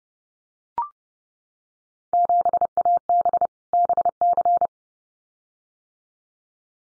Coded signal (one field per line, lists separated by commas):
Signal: Morse code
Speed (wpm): 30 wpm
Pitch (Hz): 700 Hz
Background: none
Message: 7AB BC